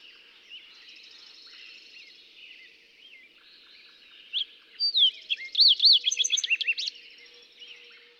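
Fox Sparrow song bursts out midway, loud sweet whistles and rapid warbled notes for about two seconds, after faint background birdsong.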